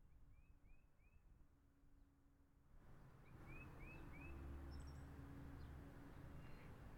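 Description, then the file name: Birds chirp in two brief runs of arched notes, with a few high thin notes later, against a low rumble that grows louder midway. Outdoor ambience. "Birds Outside Ambience"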